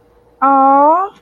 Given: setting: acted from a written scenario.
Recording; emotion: vocal sound without words; sympathy